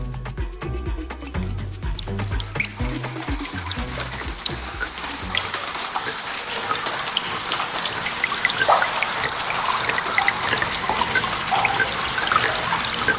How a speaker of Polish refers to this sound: Słyszymy dźwięk lodowca nieprzypadkowo